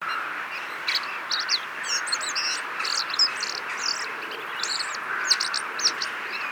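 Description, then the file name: Common blackbird giving sharp, high chinking notes in uneven runs throughout, over a constant broad hiss of background noise. "Turdus merula"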